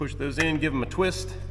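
Someone talks while handling spring-loaded channel nuts that are pushed into a steel Unistrut channel and given a quarter-turn twist to lock in place, for mounting a backing plate. Nothing has seated or clicked yet in this clip.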